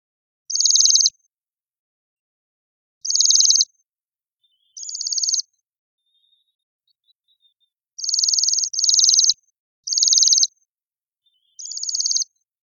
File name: Bombycilla garrulus